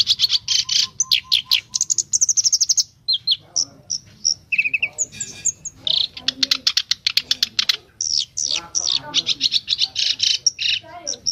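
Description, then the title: Streaked spiderhunter delivering rapid high chattering notes, buzzy trills and a few lower slurred whistles in a busy, almost continuous stream. Bird singing actively, with a clear, long song; made as a tutor recording for training cage birds. "Pijantung Gunung Gacor Jernih Panjang"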